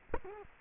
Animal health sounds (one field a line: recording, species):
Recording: mosquito wingbeat signal from an infrared sensor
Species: Culex quinquefasciatus